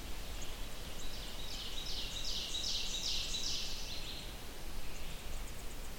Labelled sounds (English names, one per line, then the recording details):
Ovenbird song
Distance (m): 50 m
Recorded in boreal forest in Alberta, Canada, on 30 June 2016 at 05:21
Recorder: SongMeter 3, array SBT-6-79
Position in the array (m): 160 m, 53 m
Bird 43